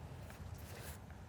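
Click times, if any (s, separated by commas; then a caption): none. An end attachment is handled as it is fitted onto the hose or gun of a Fanttik NB8 portable power washer. Only a steady low rumble and soft rustling handling noise are heard, with no sharp hit. Nothing has seated or clicked yet.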